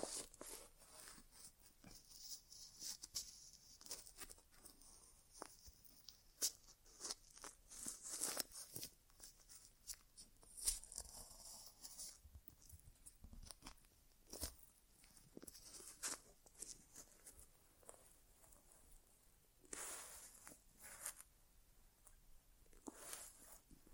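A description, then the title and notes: A quiet ear exam with no talking: soft scratchy rubbing and tapping, arriving in irregular bursts every second or so. Brighter hissing sweeps stand out near 8, 11, 14 and 20 seconds. ASMR Inner Ear Exam (No Talking).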